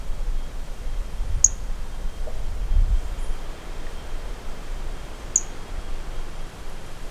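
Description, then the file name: Brachycephalus mirissimus producing two isolated, thin, high chirps roughly four seconds apart against low rumbling wind. Individual recorded from 30 cm in wind on 15 January 2018; specimen collected. "Brachycephalus mirissimus 15 jan 2018 individual 09 ex 03 30 cm with wind M R Bornschein"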